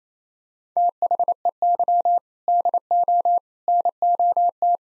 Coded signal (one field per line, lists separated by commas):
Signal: Morse code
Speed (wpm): 28 wpm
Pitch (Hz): 700 Hz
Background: none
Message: THEY DO NOT